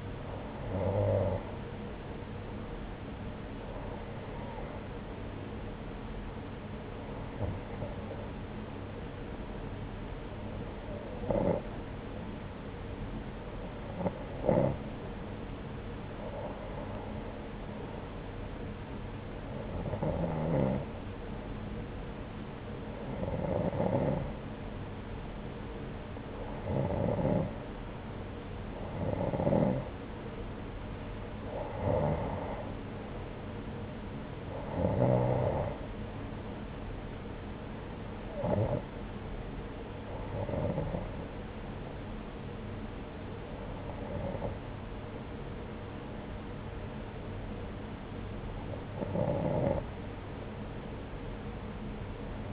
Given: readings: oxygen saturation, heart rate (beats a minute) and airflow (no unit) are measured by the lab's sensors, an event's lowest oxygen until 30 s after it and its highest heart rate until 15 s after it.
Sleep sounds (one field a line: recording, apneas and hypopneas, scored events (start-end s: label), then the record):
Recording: breathing in sleep by a voice recorder at the bedside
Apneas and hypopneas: none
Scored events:
none scored
From the record:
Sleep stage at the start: N2 (light sleep)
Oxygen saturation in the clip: 89 to 90%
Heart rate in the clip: 74 to 83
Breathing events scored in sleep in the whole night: 303 in 8.1 hours asleep